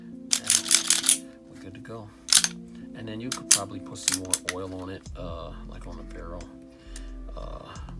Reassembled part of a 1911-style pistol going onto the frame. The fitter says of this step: see watch this this is this modern engineer right here hear that click bam we're good